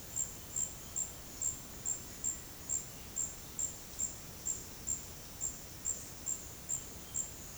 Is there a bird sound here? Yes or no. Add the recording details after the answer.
no. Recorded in secondary vegetation near Puerto Asís, Putumayo, Colombia, on 21 February 2024 at 09:00. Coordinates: 0.472, -76.331. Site G6371